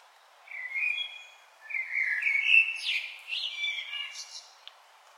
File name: Turdus merula